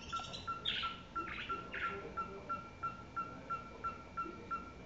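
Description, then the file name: Owl call, a steady series of short hollow toots on one pitch, about three per second, with a few brief chirps from other birds early on. "tecolote"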